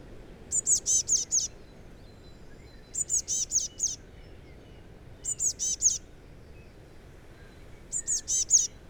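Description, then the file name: Eurasian blue tit calling in quick high-pitched bursts of about five thin, chevron-shaped notes, the bursts coming every two to three seconds over a soft low rumble. "Cyanistes caeruleus"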